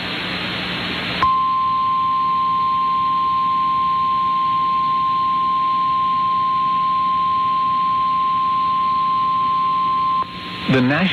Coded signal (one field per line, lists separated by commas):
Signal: Emergency Alert System (SAME) tones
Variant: 1050 Hz attention tone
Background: speech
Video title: Eas Fwd FFW on KGAF 1580am Eas#1517